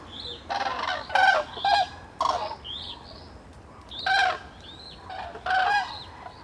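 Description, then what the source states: Common crane trumpeting in several loud bursts, mixed with thin whistles between the calls. Flock waking at a winter roost on a lake in Marne, France, 6 January 2019, heard from a dyke; whistles of juveniles accompanying parents; recorded with Zaxcom Nomad and two MKH 8040 microphones.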